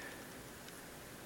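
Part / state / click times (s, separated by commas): kill key plug into lightsaber hilt socket / not seated / none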